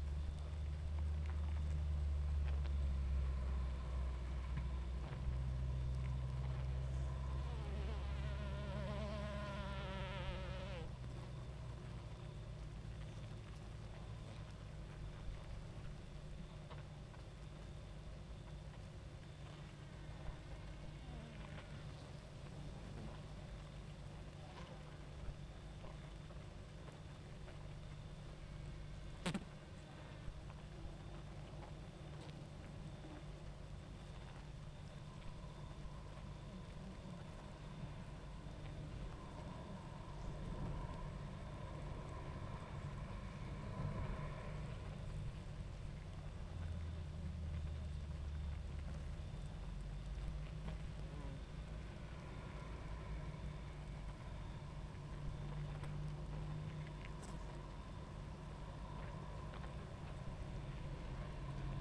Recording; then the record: honeybee colony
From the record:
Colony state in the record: active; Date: 28 July 2017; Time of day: 22:01